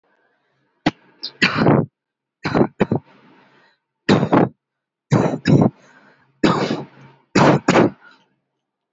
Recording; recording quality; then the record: heavy voluntary cough; excellent, no background noise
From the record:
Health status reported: healthy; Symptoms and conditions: none ticked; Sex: male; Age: 20 years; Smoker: not ticked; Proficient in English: yes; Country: India